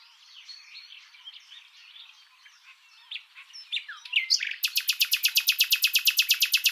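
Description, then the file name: Common nightingale in song, soft warbling chatter building into a loud, rapid series of identical repeated notes. "Luscinia megarhynchos"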